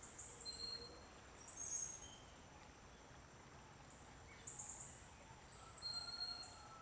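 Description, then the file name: Bird song: several bursts of high, fine, shimmering trills, interleaved with brief pure whistled notes and a few soft lower chirps, over constant hiss. Birds singing at dawn. "Passaros cantando no amanhecer"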